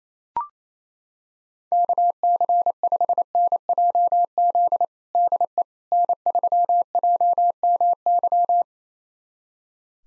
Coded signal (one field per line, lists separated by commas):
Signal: Morse code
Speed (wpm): 28 wpm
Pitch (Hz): 700 Hz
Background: none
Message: KC5NJZ DE N3JMY